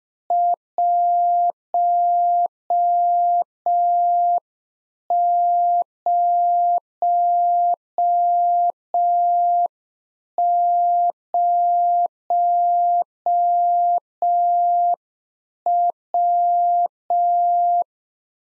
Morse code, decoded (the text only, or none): 100W